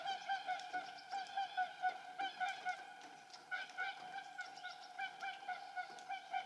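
Whooper swans calling, a pulsing chorus of soft honks, several birds overlapping.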